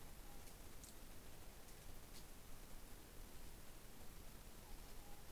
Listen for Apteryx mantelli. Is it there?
no